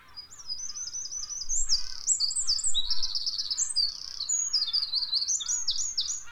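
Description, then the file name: Eurasian wren song, a sustained stream of high, rapid trills and sharp warbled notes running for about six seconds. "Troglodytes troglodytes"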